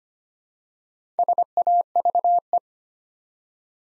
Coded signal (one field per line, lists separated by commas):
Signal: Morse code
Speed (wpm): 25 wpm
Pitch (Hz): 700 Hz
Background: none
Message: SAVE